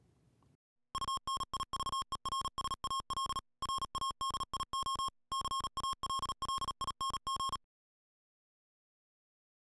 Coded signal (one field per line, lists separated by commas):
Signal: Morse code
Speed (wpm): 37 wpm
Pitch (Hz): 1080 Hz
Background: music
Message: UNIVERSAL RADIO CALLING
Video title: Universal-Radio presents Eton Power Block BU power supplies